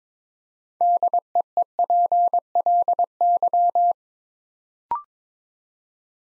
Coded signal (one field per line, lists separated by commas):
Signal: Morse code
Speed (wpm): 22 wpm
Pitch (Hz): 700 Hz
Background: none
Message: DEEPLY